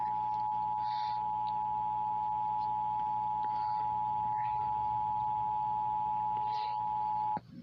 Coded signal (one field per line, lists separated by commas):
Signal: Emergency Alert System (SAME) tones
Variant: 853 and 960 Hz attention tone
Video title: EAS Bulletins Little Einsteins on Disney Junior (November 17 2017)